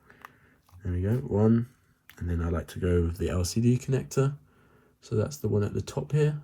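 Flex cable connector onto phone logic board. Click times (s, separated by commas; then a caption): 0.2 s. During an iPhone 6s screen replacement, the first small flex cable connector is pressed onto its socket on the phone's logic board and seats with a faint, sharp click at 0.3 s. Someone talks through the rest of the clip.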